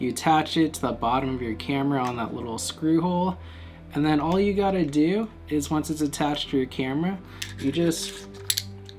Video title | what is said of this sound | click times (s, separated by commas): the one with the PEAK DESIGN CAPTURE CAMERA CLIP review | slide it in and then it locks into place | 8.5 s, 8.6 s